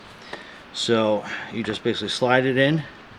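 A rear wheel is slid onto the axle mount of an Evenflo Pivot modular travel system stroller frame while someone talks. The wheel is being handled but has not locked yet; nothing has seated or clicked.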